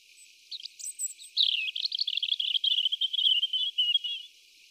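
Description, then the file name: European robin song: thin high notes open into a long flowing phrase of sparkling warbles that ends in a lower trill. "Erithacus rubecula"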